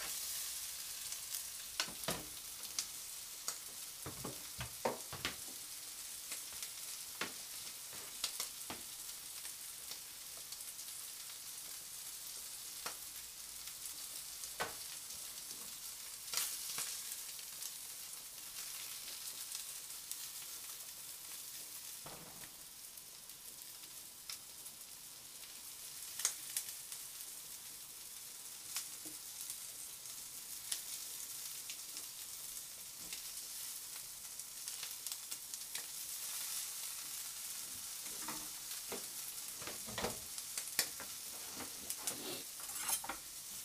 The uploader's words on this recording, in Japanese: 環境音 トマトソースパスタの一部始終。